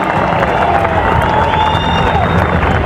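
A loud crowd applauds and cheers steadily throughout, a dense wash of clapping with shouts and whistles rising above it, no single voice standing out.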